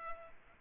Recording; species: mosquito wingbeat signal from an infrared sensor; Culex pipiens